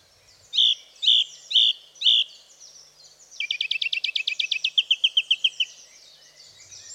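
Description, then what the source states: Song thrush song: a bright, loud phrase repeated four times, then a fast run of many sharp, clipped notes. Beautiful loud song with repeating phrases.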